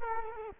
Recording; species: mosquito wingbeat signal from an infrared sensor; Culex quinquefasciatus